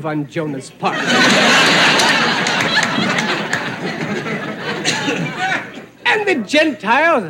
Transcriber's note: laughter